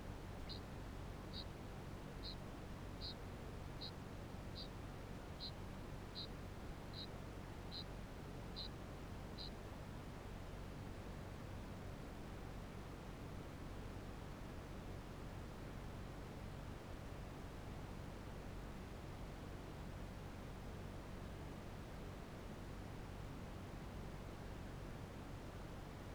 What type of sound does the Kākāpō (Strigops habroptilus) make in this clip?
ching call